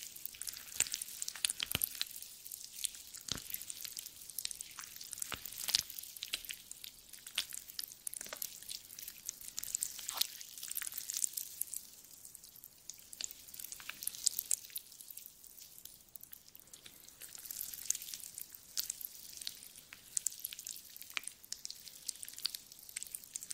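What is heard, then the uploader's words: Wet, squishy jelly sounds fill the clip with a dense, steady crackle of tiny sticky pops and squelches, mostly bright. Sharper wet clicks stand out every second or so, especially in the first ten seconds, over a faint hiss. ASMR Stress Relieving Jelly Sounds For Sleep.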